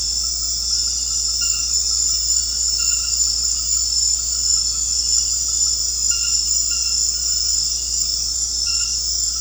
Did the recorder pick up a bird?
no